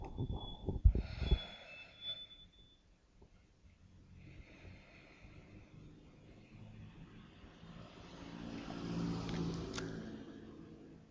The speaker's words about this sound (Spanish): Vamos a hacer la primera respiración. Hacemos la segunda respiración.